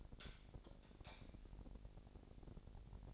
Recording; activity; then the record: daily activity, microphone in the room; light off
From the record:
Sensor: 5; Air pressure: 1012.0 hPa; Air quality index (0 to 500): 247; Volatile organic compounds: 5 ppm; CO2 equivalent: 1708 ppm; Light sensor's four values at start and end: 42/101/42/44 and 41/96/40/42